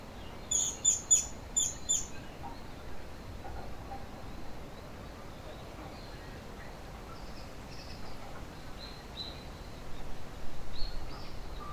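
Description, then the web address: Bird calls: a quick run of very high, thin chirps near the start, then softer scattered high notes later amid steady low background rumble. "yacho koe"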